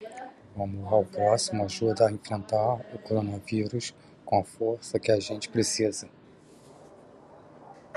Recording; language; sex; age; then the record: spoken sentence; Brazilian Portuguese; male; 40 to 49 years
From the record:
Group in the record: control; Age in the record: 45 years